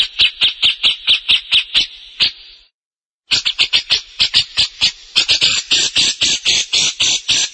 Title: CUCAK JENGGOT